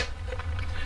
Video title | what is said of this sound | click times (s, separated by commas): Trucking Along featuring One Horse Open Sleigh DSP | you'll hear it snap and then this one is ready to use so | 0.6 s